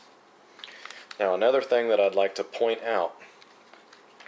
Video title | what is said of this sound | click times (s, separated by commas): The StalkenWolfe sheath | until it snaps in right there. | 0.6 s